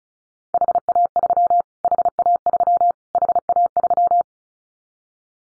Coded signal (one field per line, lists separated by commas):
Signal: Morse code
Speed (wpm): 34 wpm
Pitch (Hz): 700 Hz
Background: none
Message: HA3 HA3 HA3